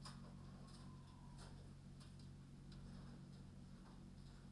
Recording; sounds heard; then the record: poultry house recording; healthy chickens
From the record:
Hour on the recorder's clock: 22